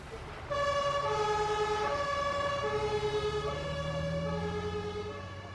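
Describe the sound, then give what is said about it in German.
An ambulance siren blares in a steady two-tone wail, alternating high and low pitches at an even rhythm, loud throughout over a low engine rumble, with no talking. “Dann laden wir sie in den Krankenwagen mit den drei Kindern.”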